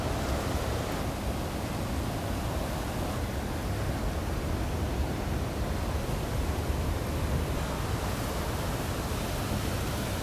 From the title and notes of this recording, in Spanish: Sonidos del mar. Paisaje sonoro del mar y su tranquilidad. Grabado en Chorrillos - Lima.